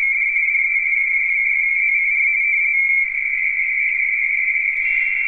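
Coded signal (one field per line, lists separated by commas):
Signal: RTTY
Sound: continuous rapid warbling between two close high tones, like a chattering teletype signal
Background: radio static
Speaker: K9 XD is running a frequency he had a little trouble getting w2n but they finally hooked up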